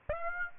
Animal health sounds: mosquito wingbeat signal from an infrared sensor; Aedes aegypti

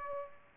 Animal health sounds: mosquito wingbeat signal from an infrared sensor; Aedes aegypti

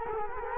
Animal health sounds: mosquito wingbeat signal from an infrared sensor; Culex quinquefasciatus

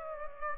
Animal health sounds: mosquito wingbeat signal from an infrared sensor; Aedes aegypti

